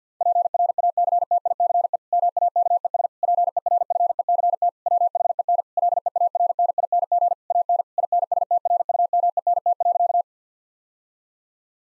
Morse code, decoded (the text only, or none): PRACTICE MAKES PERFECT WHEN LEARNING AN INSTRUMENT.